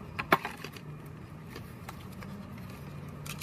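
An aftermarket electric fuel pump for a G35/350Z is slid into the fuel pump assembly bracket and pushed into the housing, giving a few sharp knocks at 0.2, 0.3 and 0.5 seconds. The loudest, at 0.3 seconds, is the click of the pump seating in place, followed by a low, steady hum.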